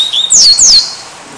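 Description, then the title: Double-collared Seedeater song: a short high whistle, then two quick, sharply descending slurred whistles, very high-pitched, with the song ending after about a second. "Canto Coleiro"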